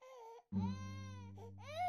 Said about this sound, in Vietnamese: Đúng lúc này, thuyền đã ra đến gần giữa sông, chợt có tiếng trẻ con khóc ré lên ở trong khoang thuyền.